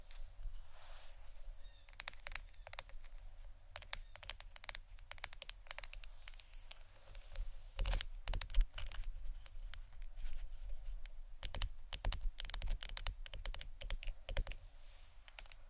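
Fingers tap on assorted objects such as a book, wood and ceramic, producing quick, irregular clicks in dense bursts. The taps come in clusters with brief pauses, busiest around the 8, 12 and 14 second marks, over a faint low hum.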